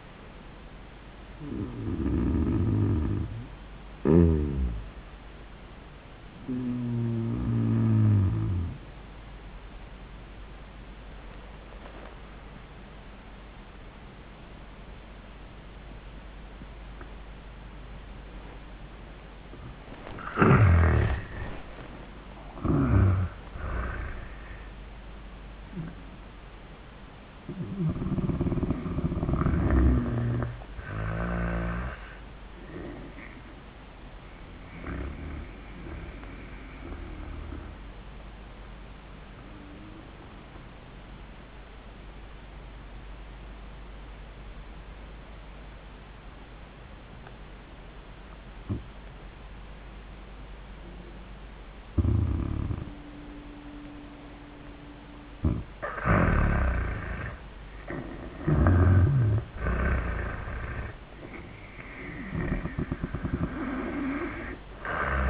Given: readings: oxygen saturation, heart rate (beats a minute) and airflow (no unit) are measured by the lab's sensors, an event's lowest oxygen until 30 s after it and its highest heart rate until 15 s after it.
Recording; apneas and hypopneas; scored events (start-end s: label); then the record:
breathing in sleep by a voice recorder at the bedside; 2
8.00-22.10 s: hypopnea (N1, oxygen 98% highest, then 86% lowest, heart rate 84 at the start, 90 highest)
11.00-65.30 s: new sleep stage, N2 (light sleep)
36.00-54.90 s: obstructive apnea (N2, oxygen 97% highest, then 84% lowest, heart rate 88 at the start, 88 highest)
From the record:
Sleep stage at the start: N1 (lightest sleep); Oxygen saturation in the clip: 77 to 98%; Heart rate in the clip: 72 to 103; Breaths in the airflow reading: 7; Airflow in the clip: -21.5 to 20.3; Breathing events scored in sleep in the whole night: 400 in 8.7 hours asleep